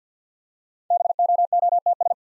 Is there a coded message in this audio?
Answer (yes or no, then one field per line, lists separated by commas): yes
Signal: Morse code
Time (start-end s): 0.9-2.1 s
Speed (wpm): 48 wpm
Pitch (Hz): 700 Hz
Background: none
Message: BOOTS